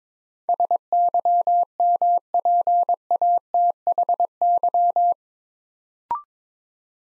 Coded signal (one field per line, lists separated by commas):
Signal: Morse code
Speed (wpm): 23 wpm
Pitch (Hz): 700 Hz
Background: none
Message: SYMPATHY